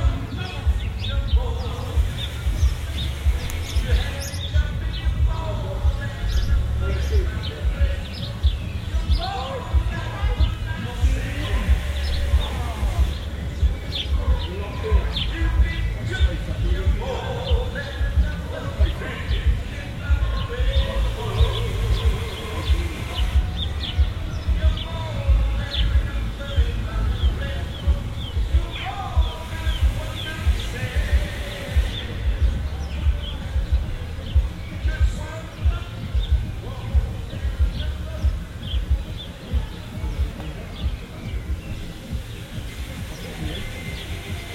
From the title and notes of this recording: VE Day 75 Evening Cocophony. Baglan, May 2020. Recorded using the Sennheiser AMBEO Smart Headset.